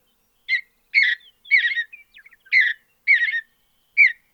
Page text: Andrew Spencer - Голубая сиалия (Sialia currucoides)